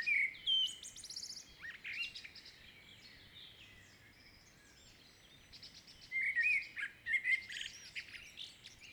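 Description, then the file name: Common blackbird song: a mellow whistled phrase followed by high squeaky twittering, a pause of several seconds, then another fluted phrase with twitters. "Turdus merula"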